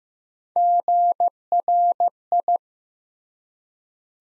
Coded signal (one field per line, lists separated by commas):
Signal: Morse code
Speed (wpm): 15 wpm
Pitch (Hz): 700 Hz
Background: none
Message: GRI